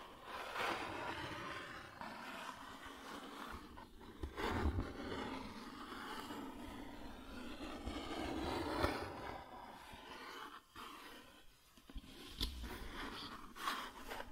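Cardboard is scratched and rubbed in a steady, dense stream of rough, gritty friction, with a low rumbling undertone throughout. Sharper tearing or scraping bursts stand out near 1, 4.5, 9 and 12.5 seconds, with brief quieter gaps around 10.5 and 11.5 seconds.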